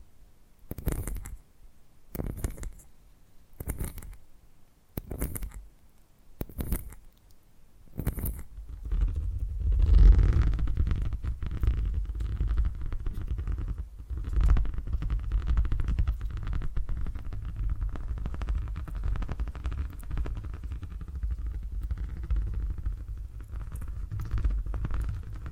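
Purring ASMR triggers: six regular rasping bursts in the first eight seconds, then a continuous low rumbling purr with soft crackles until the end.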